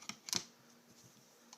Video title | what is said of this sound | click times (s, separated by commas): iBattz Mojo Armor removable battery case for the iPhone 4/4S | Now you want to start here at the very top, snapping it on first. | 0.1 s, 0.4 s